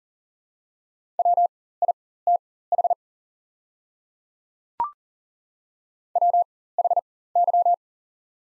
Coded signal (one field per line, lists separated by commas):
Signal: Morse code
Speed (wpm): 40 wpm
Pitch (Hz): 700 Hz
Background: none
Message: WITH WHY